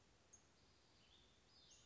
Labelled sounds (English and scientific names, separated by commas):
Western Flycatcher (Empidonax difficilis)